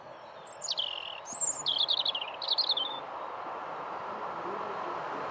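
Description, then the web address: European robin song: several brief clusters of high, tinkling notes, some sliding downward, over steady background noise that continues after the singing stops. "cianscape birddata Deverinetal Bird Only Er Ru"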